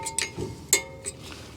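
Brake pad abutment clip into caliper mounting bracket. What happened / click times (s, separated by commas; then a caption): The metal clip snapped into its bracket / 0.7 s. A greased metal brake pad abutment clip is pressed into the caliper mounting bracket of a 2009–2014 Acura TL during a front brake pad replacement. A few faint metallic taps lead up to a sharp metallic click at 0.7 s as the clip snaps into place, followed by softer ticks. The clip is seated in the bracket.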